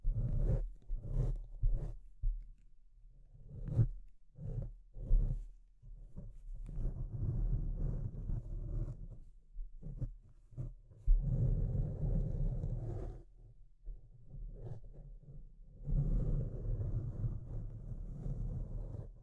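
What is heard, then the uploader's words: Deep, low scratching sounds, with a heavy rumbling body and a rough rasping edge. For the first six seconds come short separate strokes in quick bursts. After that, longer sustained scratching passages run several seconds each, with brief pauses between them. Deep Scratching. (No Talking).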